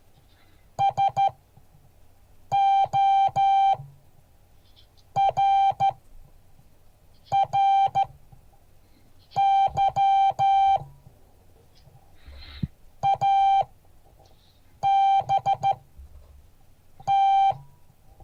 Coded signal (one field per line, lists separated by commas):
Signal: Morse code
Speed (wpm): 13 wpm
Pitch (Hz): 780 Hz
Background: none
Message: SORRY ABT